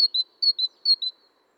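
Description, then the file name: Great tit giving three quick two-part phrases, each a high sliding note followed by a slightly lower one, then stopping. "Parus major"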